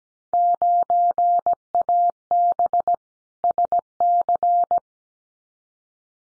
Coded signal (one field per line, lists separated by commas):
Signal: Morse code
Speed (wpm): 17 wpm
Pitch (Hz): 700 Hz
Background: none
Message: 9AB SC